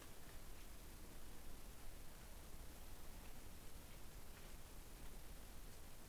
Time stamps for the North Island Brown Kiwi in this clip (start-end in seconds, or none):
none